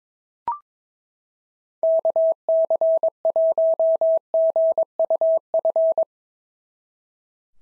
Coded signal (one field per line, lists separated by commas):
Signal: Morse code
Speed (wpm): 22 wpm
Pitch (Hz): 650 Hz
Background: none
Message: KC1GUF